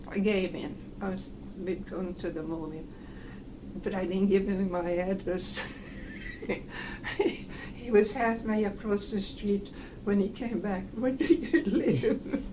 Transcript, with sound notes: I gave in, I was - we going to the movie. But I didn't give him my address. (laughs) He was halfway across the street when he came back, "Where do you live?"